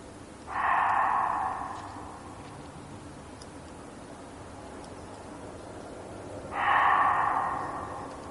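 Reeves's muntjac barking: two rough, breathy barks about six seconds apart, each lasting around a second over a steady hiss of background noise.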